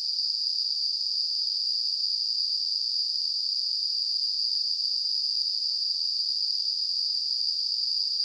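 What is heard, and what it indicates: A simulated tinnitus sound.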